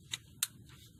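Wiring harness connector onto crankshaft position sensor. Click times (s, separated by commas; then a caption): 0.4 s. A wiring harness connector is pushed onto the crankshaft position sensor of a 3.6L 2011–2019 Dodge Caravan, Durango or Town & Country. There is a faint tick near 0.1 s, then a sharp bright click at 0.4 s as the connector seats, followed by a soft rustle. The connector is confirmed seated, and its red lock tab is then pushed forward to lock it in place.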